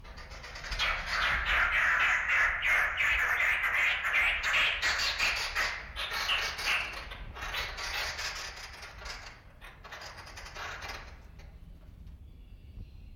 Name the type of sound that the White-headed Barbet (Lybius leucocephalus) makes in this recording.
call